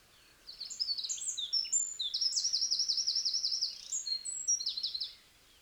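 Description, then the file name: Eurasian wren song, one full burst of about five seconds: shrill tumbling notes, a long rattling trill at its centre, then sharp high twitters before stopping. "Troglodytes troglodytes"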